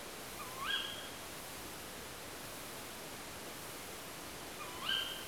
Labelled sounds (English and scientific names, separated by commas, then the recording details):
Tawny Owl (Strix aluco)
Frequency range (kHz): Tawny Owl (Strix aluco) 0.9-4.8 kHz
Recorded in France